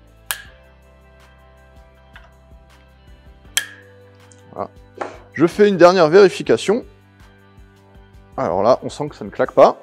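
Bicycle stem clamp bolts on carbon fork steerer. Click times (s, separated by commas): 0.3 s, 3.6 s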